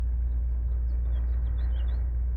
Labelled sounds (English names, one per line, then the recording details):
House Finch song
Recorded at Wantgh on Long Island, New York, on 21 May 1975
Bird A